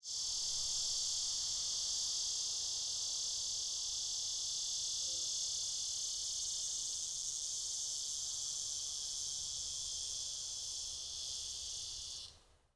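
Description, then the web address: Insect buzzing: a dense, steady, high-pitched trill that runs without a break for about twelve seconds before stopping abruptly. "Soundfx IV. General Insects"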